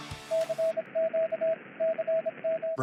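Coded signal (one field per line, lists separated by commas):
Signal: Morse code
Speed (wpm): 27 wpm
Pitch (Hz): 650 Hz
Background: radio noise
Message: CQ CM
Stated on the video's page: Live HF stream hunting Parks on the Air, FlexRadio FLEX-8600, DX Commander Signature 9 antenna, 100 W.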